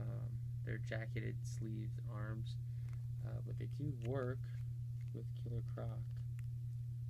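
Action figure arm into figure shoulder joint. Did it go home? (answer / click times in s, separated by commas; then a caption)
no / none. Someone talks while handling a swap-in jacketed-sleeve action figure arm from another figure, bringing it toward the plastic figure's shoulder peg joint, over a steady low hum with a couple of faint brief ticks near 5.2 and 6.4 seconds. Nothing has seated or clicked yet.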